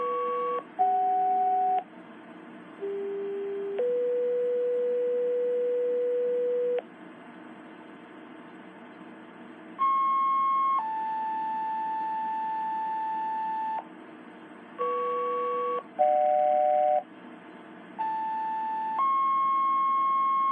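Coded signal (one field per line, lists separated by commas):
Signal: two-tone page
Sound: several paging sequences, each a shorter steady tone then a longer tone, with buzzy harmonics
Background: room hum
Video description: this is me sending out pager tones to my ht1000 requested by FireAlarmMaster623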